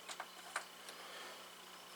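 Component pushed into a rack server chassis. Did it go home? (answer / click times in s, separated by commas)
no / none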